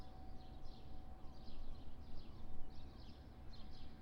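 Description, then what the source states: Small birds giving several bursts of high, rapid chirps, set against deep continuous rumbling noise and a faint steady tone. Morning at a riverside in Porto.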